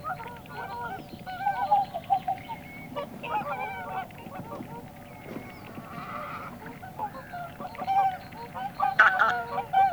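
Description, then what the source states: Swan calls: a busy chorus of nasal, bugling honks from several birds, rising and falling in loudness in repeated bursts, with a low background hum. Field recording by Ilkka Heiskanen, on a Finnish cassette of rural birds released in 1988.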